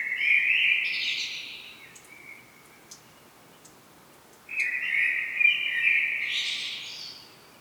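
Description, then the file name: Common blackbird singing two fluty, mellow phrases, each ending in a thin, higher squeaky flourish, separated by a few seconds of quiet background hiss. "Turdus merula"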